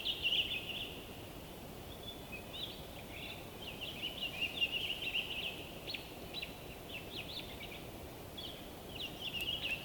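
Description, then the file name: Bird song opening with a twittering burst, followed by many quick sharp chirps and trills, then another burst, over background hiss. Winter forest by day, frozen wood, North Laurentian Woods, Canada. "WINTER Forest day blissful bird song resonating through the frozen wood North Laurentian Woods Canada LOOPLR"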